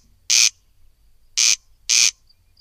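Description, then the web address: Corncrake rasping call: a harsh dry burst, a pause, then two rasps in quick succession against a quiet background. "agykontroll Madardalok Cd 2. Haris"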